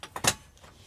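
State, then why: Seated. In a 2025 TAB 320 S Black Canyon edition teardrop camper, a folding section of the split bed/seat platform is lowered to reveal storage behind it. Two sharp knocks at about 0.0 and 0.2 seconds lead into a loud, bright click at 0.3 seconds as the panel latches down into the bed frame. A faint tick follows at 0.6 seconds, and the panel is confirmed seated.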